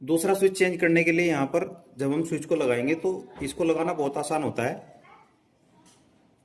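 A plastic modular wall switch is lined up in its mounting plate frame, ready to be pressed down to lock, while someone talks for most of the clip. After the talking stops near 5 seconds there is only a faint, quiet stretch with no hits. The switch has not yet seated or clicked into the plate.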